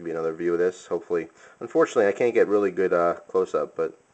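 A Benchmade Benchmite II folding knife is handled while someone talks throughout, with the spring-loaded lock pin in the front scale meant to drop behind the blade tang and lock the opened blade. The lock pin has not yet seated or clicked by the end of the clip.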